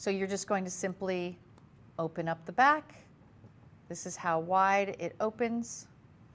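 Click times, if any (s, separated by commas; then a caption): none. A woman talks while handling a gold earring, opening its hinged back to show how wide it swings before it goes into the post catch. Nothing has seated or snapped shut yet, and only her voice is heard against a quiet background.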